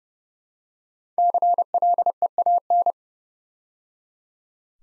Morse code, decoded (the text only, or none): CLEAN